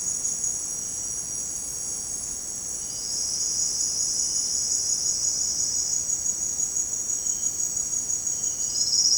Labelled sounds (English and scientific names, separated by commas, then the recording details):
none
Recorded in secondary vegetation near Puerto Asís, Putumayo, Colombia, on 12 March 2025 at 17:30
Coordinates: 0.485, -76.322
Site G040